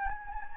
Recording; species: mosquito wingbeat signal from an infrared sensor; Anopheles gambiae